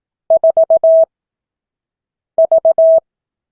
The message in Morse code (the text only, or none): 4 V